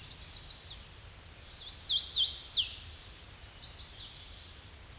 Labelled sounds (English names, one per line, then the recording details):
Hooded Warbler song
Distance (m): 10 m
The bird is about 5 m above the microphone
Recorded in a Pennsylvania forest on 16 May 2024 at 07:21
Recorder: AudioMoth, point MSD-0814
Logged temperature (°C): 15.8 °C
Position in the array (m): 165 m, 116 m